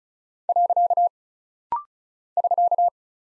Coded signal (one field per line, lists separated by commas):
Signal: Morse code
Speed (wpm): 36 wpm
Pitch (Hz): 700 Hz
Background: none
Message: . <SK>